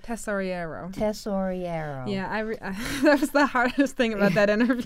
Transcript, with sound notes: Tesoriero.
Tesoriero.
Yeah, I rem--, (she laughs) That was the hardest thing about that interview.